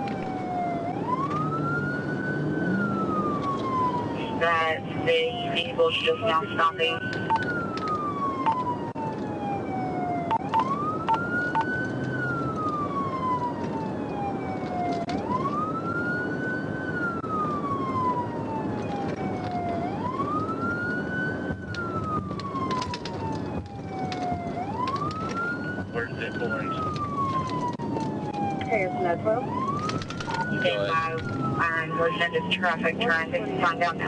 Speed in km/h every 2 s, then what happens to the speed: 85, 90, 87, 81, 84, 85, 85, 89, 87, 85, 79, 76, 60, 64, 68, 72, 100.
3-5 brakes to 81. 13-19 steady at about 87. 19-24 brakes to 60. 25-34 speeds up to 100.